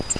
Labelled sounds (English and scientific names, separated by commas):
Grace's Warbler (Setophaga graciae) flight call